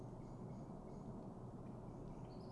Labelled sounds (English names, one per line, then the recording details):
Common Blackbird
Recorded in Germany
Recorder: ecoPi